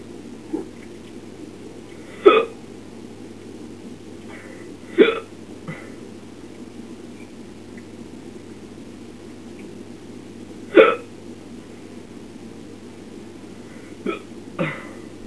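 An adult's hiccups: sharp, abrupt gulping clicks recur at irregular intervals, about seven in fifteen seconds. Some are loud and some faint, against a quiet, steady background hum. Each is a sudden involuntary spasm of the diaphragm, cut off by a snap of the closing vocal cords.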